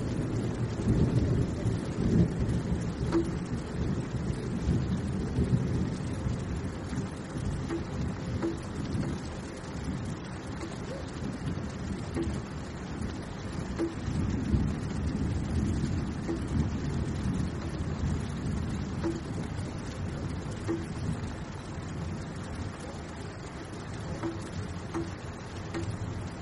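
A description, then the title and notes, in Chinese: A thunderstorm with steady rain, heard as a dense, low rumbling wash that holds through the whole clip. The sound is dark and full, swelling slightly near the start and around the middle, with faint scattered drips over the constant roar. 助眠雷雨声 放松雨声。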